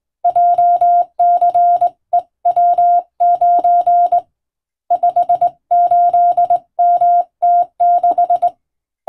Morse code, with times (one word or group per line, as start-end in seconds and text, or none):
0.2-4.2 JCEW9
4.9-8.5 58MT6